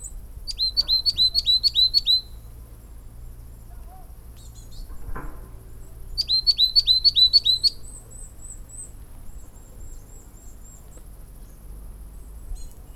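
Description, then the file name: Coal tit calling: a quick string of several high, sharp two-part notes, a pause, then another similar string. "tit-coal Periparus-ater"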